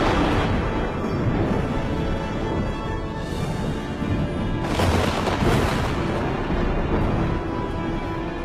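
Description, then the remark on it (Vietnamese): Deep, rolling thunder rumbles without pause, with louder booming cracks swelling in twice around the middle before settling back into a heavy, steady roar. No voices are heard. “Tiếng sấm vang chớp giật, khung cảnh trở nên chói lòa cả mắt.”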